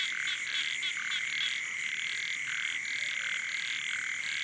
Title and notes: Soirée aux batraciens - Cambodge. 12 décembre 2018 Sur le bord du lac "Boeng Thum" vers 23h00 au moment ou le silence des hommes laisse place au monde sauvage